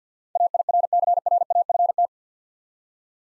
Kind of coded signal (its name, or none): Morse code